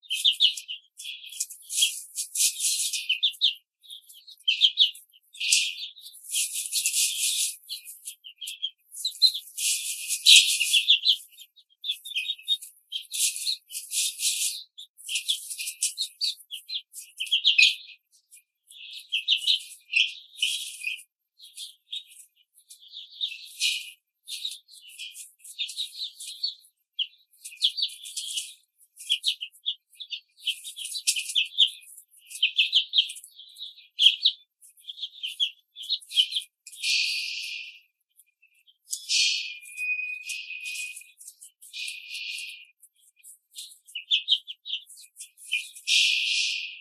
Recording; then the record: young laying hens in a cage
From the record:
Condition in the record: control cage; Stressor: none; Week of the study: 5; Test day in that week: 1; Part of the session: 4